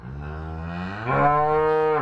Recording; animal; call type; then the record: contact call of a hoofed animal; cattle; low-frequency (closed-mouth) or high-frequency (open-mouth) call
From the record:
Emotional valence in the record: negative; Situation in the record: full separation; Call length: 2.1 s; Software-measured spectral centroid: 1050 Hz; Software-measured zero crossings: 1140 a second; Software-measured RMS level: -23 dBFS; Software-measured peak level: -7 dBFS